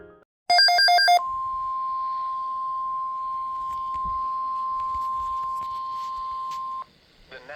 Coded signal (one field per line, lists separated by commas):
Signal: Emergency Alert System (SAME) tones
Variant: 1050 Hz attention tone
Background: speech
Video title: Severe Turnderstorm Watch #EAS 33